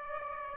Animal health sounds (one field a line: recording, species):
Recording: mosquito wingbeat signal from an infrared sensor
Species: Aedes aegypti